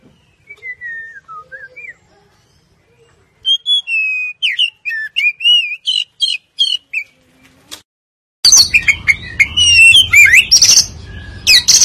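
Oriental magpie-robin song of varied whistled notes, some sliding and wavering, in short phrases; after a brief gap it resumes louder and denser, with a low hum underneath.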